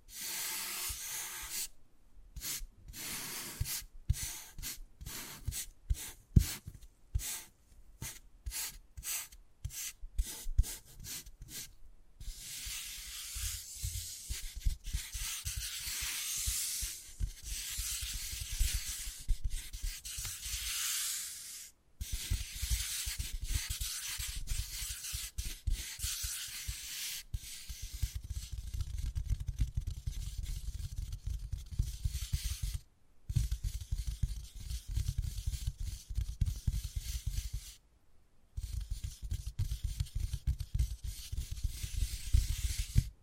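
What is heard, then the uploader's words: Wood carving with scratching and scraping strokes. The first twelve seconds bring quick, choppy scrapes broken by short silences. After that come longer, steadier stretches of rough scratching, with a deeper rumbling rub added from about 27 seconds and brief pauses near 22, 33 and 38 seconds. Wood Carving, Tapping and Scratching Sounds.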